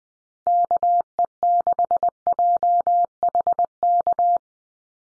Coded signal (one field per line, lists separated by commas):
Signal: Morse code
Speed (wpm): 20 wpm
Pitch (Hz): 700 Hz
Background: none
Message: KE6JHK